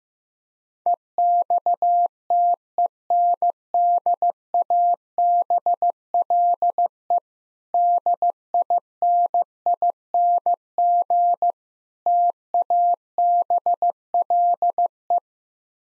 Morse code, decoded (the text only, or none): EXTENDABLE DINING TABLE